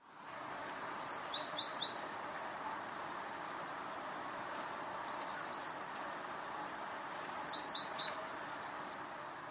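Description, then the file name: Great tit calls: three short bursts of high, quick chirping notes spaced a few seconds apart over steady background rumble and hiss. "Parus major"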